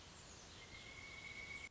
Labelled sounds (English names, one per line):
Pileated Woodpecker